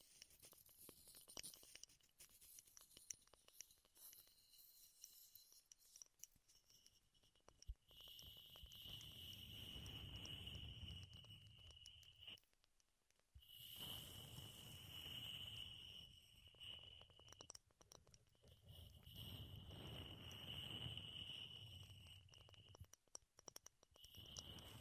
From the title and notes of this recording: ASMR Wood Triggers in Your Ears (No Talking).